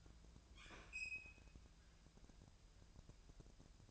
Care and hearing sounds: daily activity, microphone in the room; open fridge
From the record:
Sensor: 2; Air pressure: 999.9 hPa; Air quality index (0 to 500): 123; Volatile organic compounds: 2 ppm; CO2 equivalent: 1057 ppm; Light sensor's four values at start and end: 32/80/34/38 and 32/80/34/38

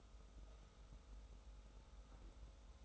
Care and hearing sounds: daily activity, microphone in the room; make coffee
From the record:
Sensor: 3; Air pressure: 990.8 hPa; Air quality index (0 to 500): 152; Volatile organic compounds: 530 ppm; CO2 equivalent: 4858 ppm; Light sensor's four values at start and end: 37/88/36/33 and 37/88/36/33

